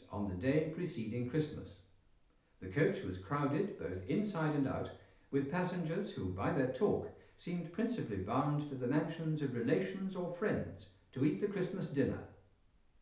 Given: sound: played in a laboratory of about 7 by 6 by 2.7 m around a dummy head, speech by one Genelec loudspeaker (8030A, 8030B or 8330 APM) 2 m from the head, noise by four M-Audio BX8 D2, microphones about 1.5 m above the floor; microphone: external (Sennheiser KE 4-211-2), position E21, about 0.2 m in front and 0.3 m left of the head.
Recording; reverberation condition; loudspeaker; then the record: male speech in English; medium; 120 degrees to the right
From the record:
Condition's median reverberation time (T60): about 510 ms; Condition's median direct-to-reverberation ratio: about -0.5 dB